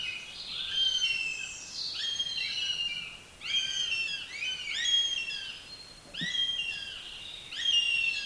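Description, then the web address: Northern goshawk giving repeated high, whining, falling calls, with several notes overlapping one another. "Madardalok - Héja"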